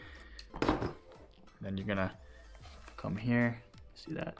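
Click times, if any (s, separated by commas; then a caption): none. A plastic wire-tap connector clamped onto motorcycle wiring on a DRZ 400SM, during a Healtech quickshifter install, is handled with pliers in preparation for a second squeeze, while someone talks. Brief faint taps and handling noises occur around 0.4 to 0.7 s and near 1.1, 1.3 and 2.9 s. Nothing has clicked shut or seated yet.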